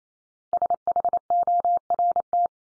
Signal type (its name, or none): Morse code